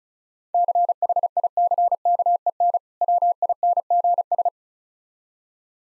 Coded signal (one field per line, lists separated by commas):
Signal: Morse code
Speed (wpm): 36 wpm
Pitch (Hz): 700 Hz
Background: none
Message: CHICKEN WINGS